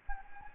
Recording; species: mosquito wingbeat signal from an infrared sensor; Anopheles gambiae